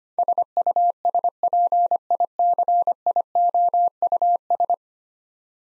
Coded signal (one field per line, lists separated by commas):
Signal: Morse code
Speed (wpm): 25 wpm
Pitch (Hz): 700 Hz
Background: none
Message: SUSPICIOUS